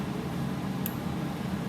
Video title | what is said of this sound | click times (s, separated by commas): Planer Safety | So listen to this. You can hear it click. | 0.9 s